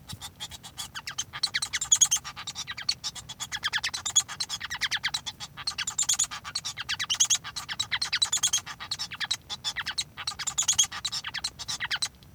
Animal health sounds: song of a male Bengalese finch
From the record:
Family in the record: son of father 1

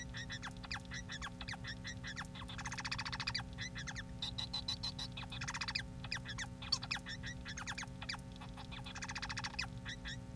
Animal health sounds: song of a male Bengalese finch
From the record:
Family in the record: son of father 4

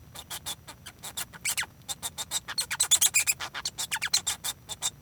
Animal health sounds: song of a male Bengalese finch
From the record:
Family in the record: son of father 1

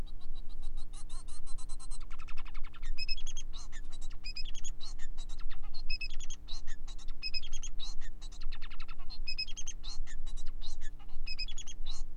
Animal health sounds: song of a male Bengalese finch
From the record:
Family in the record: son of father 4

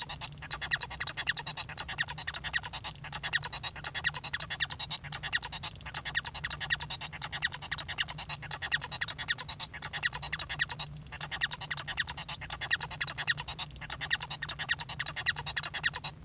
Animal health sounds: song of a male Bengalese finch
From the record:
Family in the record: son of father 1

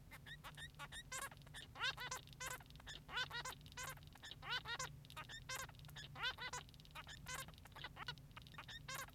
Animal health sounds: song of a male Bengalese finch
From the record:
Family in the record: son of father 3

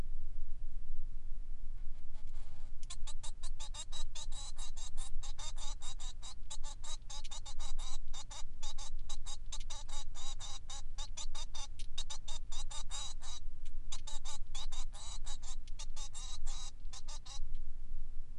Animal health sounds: song of a male Bengalese finch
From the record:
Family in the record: son of father 3

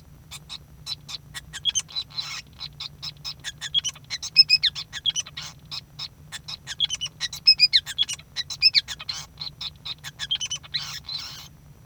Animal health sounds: song of a male Bengalese finch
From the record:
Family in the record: son of father 5

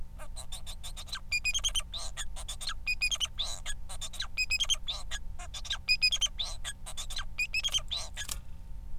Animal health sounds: song of a male Bengalese finch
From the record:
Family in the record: son of father 4

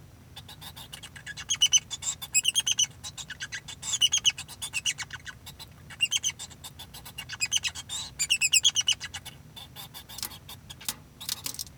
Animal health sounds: song of a male Bengalese finch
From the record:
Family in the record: son of father 2

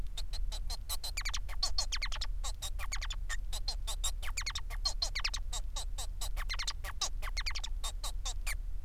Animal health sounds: song of a male Bengalese finch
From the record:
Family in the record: son of father 4

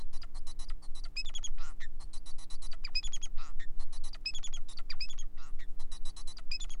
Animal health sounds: song of a male Bengalese finch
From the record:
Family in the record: son of father 4

